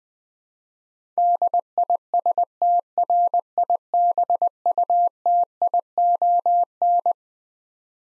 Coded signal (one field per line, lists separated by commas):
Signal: Morse code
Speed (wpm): 20 wpm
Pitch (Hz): 700 Hz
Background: none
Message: DISTRIBUTION